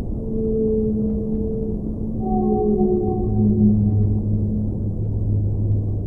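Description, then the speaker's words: Blue whale song: long, steady tonal moans in stacked layers, a deeper sustained hum entering midway, over a constant low rumble. Typical songs recorded by underwater microphones in the Indian Ocean around the Seychelles, where the population is recovering after near extinction decades ago. "Im Indischen Ozean rund um die Inseln der Seychellen haben Unterwassermikrofone die typischen Gesänge des Blauwals aufgezeichnet und so hören sie sich an."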